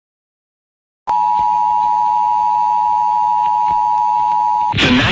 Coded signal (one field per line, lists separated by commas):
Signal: Emergency Alert System (SAME) tones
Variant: 853 and 960 Hz attention tone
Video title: EAS severe thunderstorm warning for Jackson,mi and Horton,mi